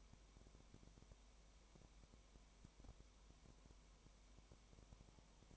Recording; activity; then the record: daily activity, microphone in the room; no activity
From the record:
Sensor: 1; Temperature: 19.0 degrees Celsius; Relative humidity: 34.1%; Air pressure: 1001.3 hPa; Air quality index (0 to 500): 82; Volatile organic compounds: 1 ppm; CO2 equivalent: 821 ppm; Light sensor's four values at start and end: 1/2/1/1 and 1/2/1/1